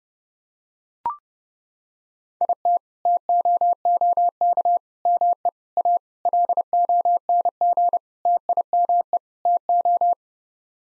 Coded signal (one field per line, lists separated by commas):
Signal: Morse code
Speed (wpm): 30 wpm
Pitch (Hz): 700 Hz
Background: none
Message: IT TOOK ME A LONG TIME TO